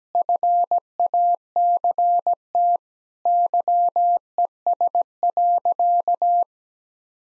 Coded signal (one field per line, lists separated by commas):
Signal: Morse code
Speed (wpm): 17 wpm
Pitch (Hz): 700 Hz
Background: none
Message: FACT YES.